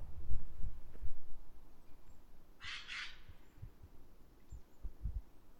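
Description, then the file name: Eurasian jay giving two quick harsh, rasping screeches in the middle, over a steady low rumble with some low thumps. "Garrulus glandarius"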